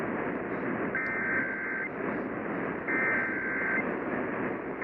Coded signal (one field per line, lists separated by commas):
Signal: Emergency Alert System (SAME) tones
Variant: header bursts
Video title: Iowa’s Monthly on 1040 WHO-AM (EAS #83)